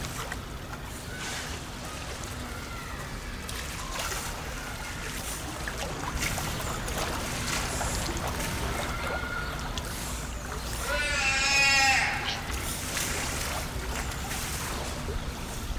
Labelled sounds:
California Sea Lion (Zalophus californianus) call
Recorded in captivity
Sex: group
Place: Zoo Berlin, Berlin, DE
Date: 1996-01-12 10:24
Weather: bedeckt, um 0°C
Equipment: Marantz CP 430, Sennheiser ME 80, Kopie Uher 4000 Report Monitor
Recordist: Tembrock, Günter

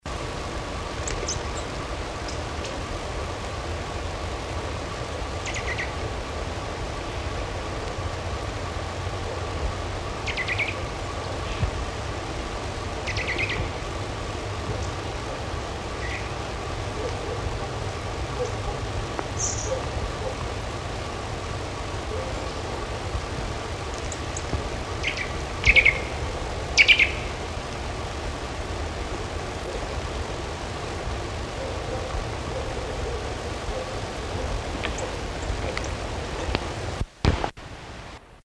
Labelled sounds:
Eurasian Nuthatch (Sitta europaea) song
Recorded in the wild
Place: Knoten, DE
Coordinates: 50.6033, 8.1675
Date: 1964-03-30 18:15
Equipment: Uher Report 4000, AKG D190
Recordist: Krey, Winfried

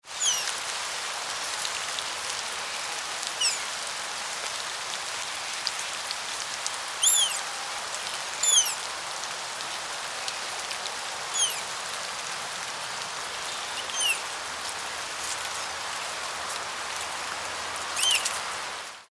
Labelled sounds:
Brazilian Tapir (Tapirus terrestris)
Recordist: Tembrock, Günter
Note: Jungtier (3 Monate alt): Laute (mit Regen im Hintergrund)

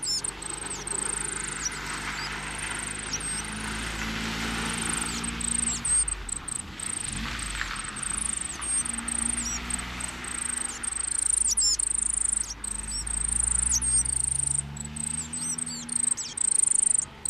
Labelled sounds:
Coal Tit (Periparus ater) song
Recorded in the wild
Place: Ehrwald, Wettersteingebirge, Tirol, AT
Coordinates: 47.4272, 10.9411
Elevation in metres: 1214
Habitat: mountains
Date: 1975-03-05
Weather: Föhntag
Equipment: Nagra IV, Sennheiser MKH 405, Parabolreflektor
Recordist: Tretzel, Erwin

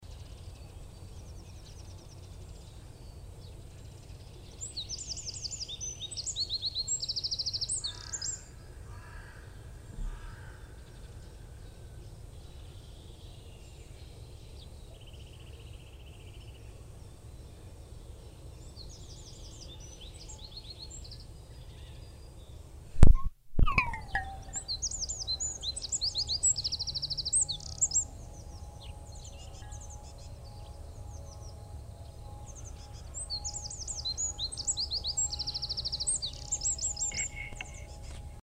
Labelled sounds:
Eurasian Wren (Troglodytes troglodytes), Common Chiffchaff (Phylloscopus collybita)
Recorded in the wild
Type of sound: call, song
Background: Phylloscopus collybita
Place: Freiburg, Baden-Württemberg, DE
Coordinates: 48.0333, 7.82472
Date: 1960-03-26
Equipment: Maihak MMK 4, Sennheiser MD 82
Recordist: Thielcke, Gerhard
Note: Freiburg, Mooswald, daneben Krähe, Zilpzalp, im Hintergrund Kirchenglocken

